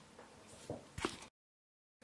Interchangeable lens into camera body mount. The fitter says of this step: put a lens in in rotate clockwise until you hear click